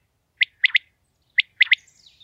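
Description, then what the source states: Common Quail song: two clear three-note phrases, one sharp note then a quick pair, with faint high twittering at the end. Male sings a short three-syllable song, repeated for minutes at summer dawn and dusk; Veluwe, Gelderland; habitat rough grassland, grassy heath and grain fields.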